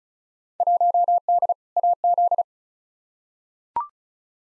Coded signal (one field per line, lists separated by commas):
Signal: Morse code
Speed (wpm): 36 wpm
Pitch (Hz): 700 Hz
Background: none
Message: 1D AZ